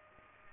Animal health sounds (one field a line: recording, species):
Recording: mosquito wingbeat signal from an infrared sensor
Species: Culex pipiens